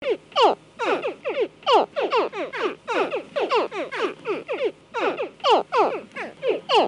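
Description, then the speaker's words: Baby crocodile calls, a fast irregular series of sharp downward-sweeping chirps repeating throughout with little pause. Baby crocodiles calling from inside the eggshell just before hatching. "Là, ce qu'on vient d'entendre, c'est des cris de bébés crocodiles juste avant la sortie de l'œuf. Donc là, ils sont en train d'émettre des cris depuis l'intérieur de leur coquille."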